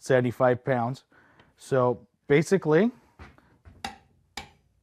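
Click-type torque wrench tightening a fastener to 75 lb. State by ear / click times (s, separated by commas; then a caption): torque reached / 4.4 s. Someone talks while a click-type torque wrench set to 75 pounds tightens a fastener. A faint tick comes at 3.9 s, then the wrench gives a sharp click at 4.4 s, showing it has reached the 75-pound torque.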